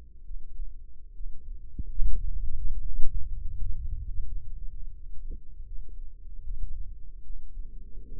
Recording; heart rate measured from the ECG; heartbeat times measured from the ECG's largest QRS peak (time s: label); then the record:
heart sounds by microphone in the left ear; 77 bpm
0.24 s: heartbeat
1.13 s: heartbeat
1.98 s: heartbeat
2.79 s: heartbeat
3.55 s: heartbeat
4.25 s: heartbeat
4.93 s: heartbeat
5.65 s: heartbeat
6.43 s: heartbeat
7.23 s: heartbeat
8.04 s: heartbeat
From the record:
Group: healthy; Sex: male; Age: 35 years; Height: 178 cm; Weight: 64 kg